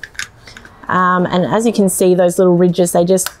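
A plastic pot support stabiliser for a Jetboil MiniMo Cooking System is fitted onto the rim of a small camping gas canister, with its little ridges engaging the canister's edge. Sharp clicks at 0.0 s and 0.2 s mark the ridges clicking into place, followed by softer ticks, and then someone talks. The stabiliser is seated and locks on tight, though the third ridge takes a bit of muscle to get on.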